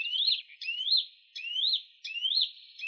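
Western Bonelli's warbler giving a clear rising note, repeated several times at intervals of under a second.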